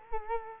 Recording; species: mosquito wingbeat signal from an infrared sensor; Culex quinquefasciatus